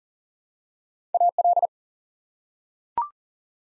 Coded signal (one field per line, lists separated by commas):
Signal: Morse code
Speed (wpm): 38 wpm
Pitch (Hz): 700 Hz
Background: none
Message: AL